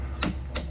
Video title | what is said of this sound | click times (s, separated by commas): Silverado Running Rich? I found the problem!! P0172 P0175 4.8 5.3 6.0 6.2 | snap in place see that so now that was nice and done | 0.2 s, 0.6 s